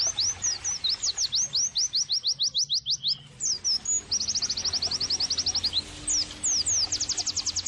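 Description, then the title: White-eye song: very high, rapid trills of thin notes broken by sharp downslurred whistles, over faint low background hum. Gacor (vigorously singing) white-eye used as therapy and bird-training (masteran) audio. "Pleci Gacor 05. terapi pleci dextro 87 plus masteran kenari sahduOmAcuz Dextro87 channel"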